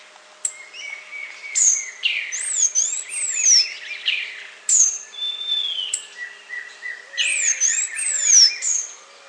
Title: LuckyPassaro Completos2Sama. Half-collared Sparrow (Arremon semitorquatus)